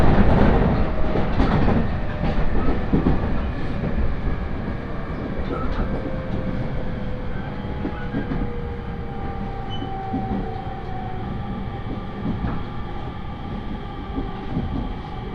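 Riding a 701-series train on the Tohoku Main Line: steady low rumble with rail clatter, louder at first, while a thin motor whine slowly shifts pitch.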